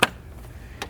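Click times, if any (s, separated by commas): 0.0 s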